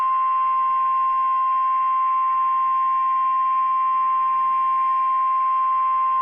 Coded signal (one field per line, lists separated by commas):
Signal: Emergency Alert System (SAME) tones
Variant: 1050 Hz attention tone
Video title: MOB SVR | 3/22/22 (EAS #148)